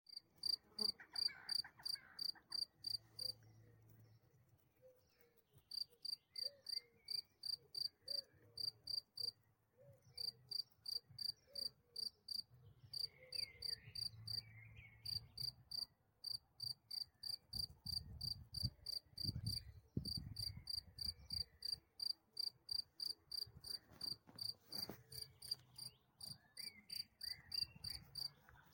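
A cricket chirps in fast, regular pulses of high, bright trills, repeating almost without pause, with brief gaps near 4 and 10 seconds. Underneath, a low rumble swells and fades, strongest around 18 to 21 seconds, with faint scattered sounds in between.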